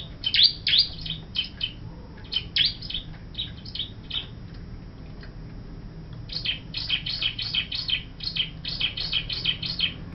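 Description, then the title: Bar-winged prinia calling with high, sharp chirps, given in quick bursts at first, then a brief lull, then a fast, even run of repeated notes. "Suara Burung Ciblek"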